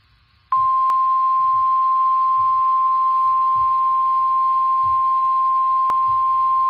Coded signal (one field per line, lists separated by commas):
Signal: Emergency Alert System (SAME) tones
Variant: 1050 Hz attention tone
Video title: The Rest of July: Part 1... (EAS #183-196)